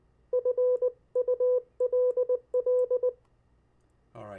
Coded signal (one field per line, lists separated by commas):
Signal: Morse code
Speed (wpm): 20 wpm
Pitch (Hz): 500 Hz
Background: speech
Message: FULL